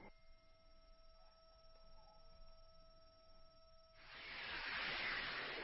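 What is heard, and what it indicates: A steady, pure mid-pitched ringing with a fainter higher overtone and a thin high whine runs for about four seconds, then a loud rushing hiss takes over. This is a simulation of one adult's tinnitus, mixing tonal ringing with hissing noise.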